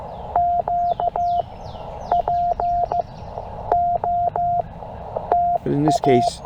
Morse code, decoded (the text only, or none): Q POTA